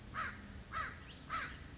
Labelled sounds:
American Crow (Corvus brachyrhynchos)
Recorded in Sonoma County, California

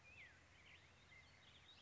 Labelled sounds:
Black-headed Grosbeak (Pheucticus melanocephalus)
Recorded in Sonoma County, California

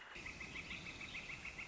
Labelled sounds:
Northern Flicker (Colaptes auratus)
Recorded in Sonoma County, California

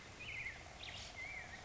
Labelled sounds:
Black-headed Grosbeak (Pheucticus melanocephalus)
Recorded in Sonoma County, California

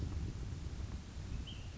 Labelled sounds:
Ash-throated Flycatcher (Myiarchus cinerascens)
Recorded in Sonoma County, California

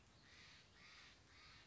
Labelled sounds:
Steller's Jay (Cyanocitta stelleri)
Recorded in Sonoma County, California

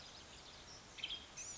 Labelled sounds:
Blue-gray Gnatcatcher (Polioptila caerulea)
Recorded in Sonoma County, California

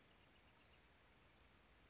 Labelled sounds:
Bewick's Wren (Thryomanes bewickii)
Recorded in Sonoma County, California

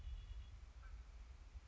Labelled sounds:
Red-winged Blackbird (Agelaius phoeniceus)
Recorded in Sonoma County, California

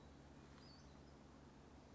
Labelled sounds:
Western Flycatcher (Empidonax difficilis)
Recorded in Sonoma County, California

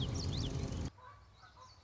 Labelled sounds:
Common Yellowthroat (Geothlypis trichas)
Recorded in Sonoma County, California

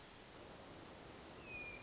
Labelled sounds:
Hermit Thrush (Catharus guttatus)
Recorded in Sonoma County, California

